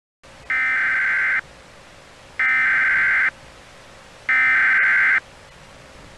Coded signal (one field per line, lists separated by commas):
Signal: Emergency Alert System (SAME) tones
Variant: header bursts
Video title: *VALID TONES* Thanksgiving EAS Scenario: "11/24/16"